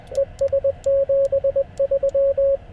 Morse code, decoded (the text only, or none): ES 73